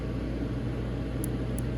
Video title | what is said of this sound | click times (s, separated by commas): Home Security Cameras - Record Without WiFi Off Kami Yi Home Camera Troubleshooting Settings How To | like that i don't know if you heard that but there's a click so | 1.2 s, 1.6 s